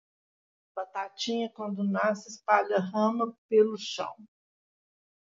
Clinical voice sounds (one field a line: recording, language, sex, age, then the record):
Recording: short text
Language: Brazilian Portuguese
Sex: female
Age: 60 to 69 years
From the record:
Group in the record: control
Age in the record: 60 years